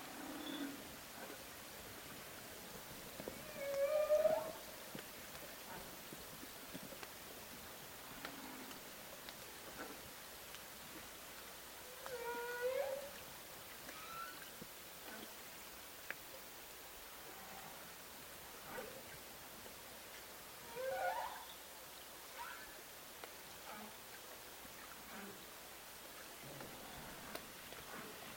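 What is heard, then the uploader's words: A humpback whale howls underwater in rising, wavering calls that sweep upward, arriving roughly every eight seconds, near 4, 13 and 21 seconds. Between calls a steady hiss and faint crackle fill the water, with soft low murmurs in the background. A Haro humpback howls as Halloween harkens. Today around noon, Val was listening to the Orcasound hydrophones that he and Leslie host (as part of Beam Reach).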